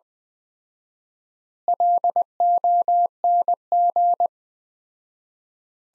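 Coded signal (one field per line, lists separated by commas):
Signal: Morse code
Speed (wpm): 21 wpm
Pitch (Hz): 700 Hz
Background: none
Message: LONG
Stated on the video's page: Morse practice at 20 wpm: sentences from the top 500 words with 4x standard word spacing, a word-level analogue of Farnsworth spacing.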